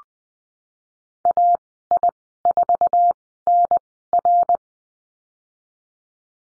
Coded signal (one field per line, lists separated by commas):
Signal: Morse code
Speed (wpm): 20 wpm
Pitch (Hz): 700 Hz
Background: none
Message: AI4NR